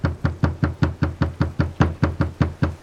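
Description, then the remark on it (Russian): Rapid, steady pounding on the door of Kamyl's house in a village, about thirteen heavy blows in under three seconds, each a deep booming thud with a short ringing decay, loud and alone with no voices. “Деревня была недалеко, и Бельгия сама не почувствовала, как добежала и очнулась только тогда, когда стала колотить в двери дома Камыла.”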